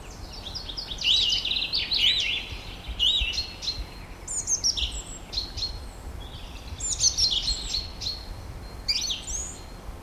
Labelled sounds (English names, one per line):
Song Thrush song